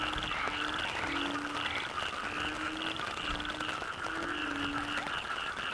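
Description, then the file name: Frog chorus of many overlapping croaks and pulsed calls throughout. Frogs in the Cherating wetlands, Malaysia; wetland soundscape. "yamaha frogs cherating wetlands"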